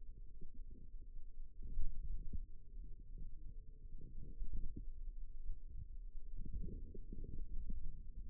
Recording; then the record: forearm muscle sounds (acoustic myography)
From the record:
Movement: hand opening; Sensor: system 2, bracelet of six BSWA MPA416 microphones around the upper forearm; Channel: 4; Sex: female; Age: 22 years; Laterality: right